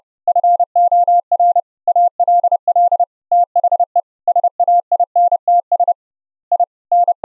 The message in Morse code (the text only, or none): FOR ALL THE SAINTS IN